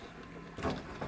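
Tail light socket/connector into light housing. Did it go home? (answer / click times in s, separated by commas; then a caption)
no / none. A tail light socket and connector are pushed and worked against the light housing on a Daytona Coupe build car. A quiet low background hum gives way at about 0.6 s to louder handling scrapes and rubs, with another brief bump near 1.0 s. Nothing has seated or clicked yet.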